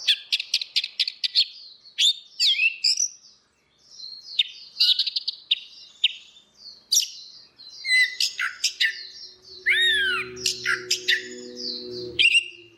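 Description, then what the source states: Orange-headed thrush singing, a rapid jumble of sharp chirps, whistled slides and warbles with one brief pause, with a low humming noise appearing toward the end. Continuous singing (ngeplong), used for training (masteran).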